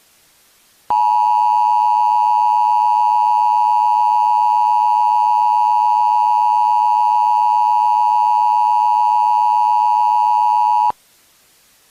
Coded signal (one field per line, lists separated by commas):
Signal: Emergency Alert System (SAME) tones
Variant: 853 and 960 Hz attention tone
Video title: (EAS SCENARIO) The Path to Nuclear War: The Beginning of Nuclear Disaster